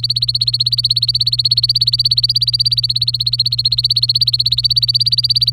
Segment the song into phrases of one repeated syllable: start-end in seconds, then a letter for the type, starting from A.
0.00-5.53 A